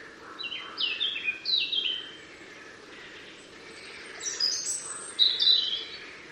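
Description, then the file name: European robin song: two bursts of high, thin warbled phrases separated by a quiet pause, set against steady background noise. "Erithacus rubecula"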